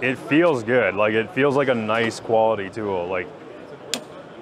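A click-type torque wrench is tried out at a trade-show booth while someone talks. At 3.9 s the wrench gives a single sharp click as it reaches its set torque, a nice positive click.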